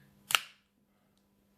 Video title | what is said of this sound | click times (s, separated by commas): 4K. UNPACKING AN ACEKOOL 4K ACTION CAMERA | that's it clicked in now | 0.4 s